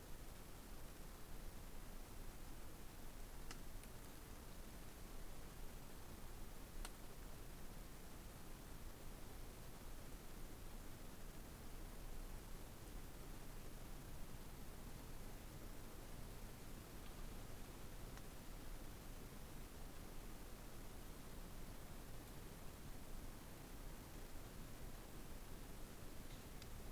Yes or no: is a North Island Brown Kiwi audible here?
no